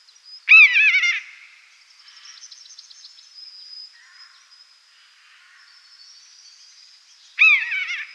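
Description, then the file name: Common buzzard mewing twice, one plaintive descending call near the start and another at the end, separated by quiet with faint high twittering. "myszolow"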